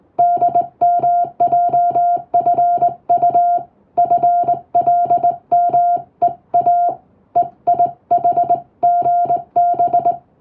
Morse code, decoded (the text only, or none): DMJFU FLMEA EIHGB